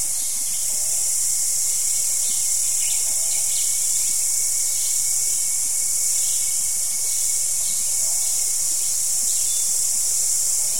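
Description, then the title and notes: Cicadas singing in a dense chorus, a steady, high hissing buzz that never pauses. Cicadas calling at the end of the day in a wet jungle in Costa Rica. "Costa Rican Dream. as Cicadas bring an end to the day"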